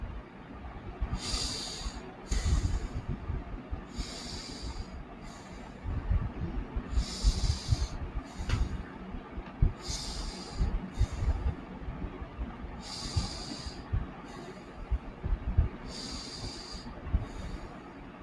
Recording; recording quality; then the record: shallow breathing; excellent, no background noise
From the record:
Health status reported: healthy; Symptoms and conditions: asthma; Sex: male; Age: 32 years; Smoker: yes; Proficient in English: yes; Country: India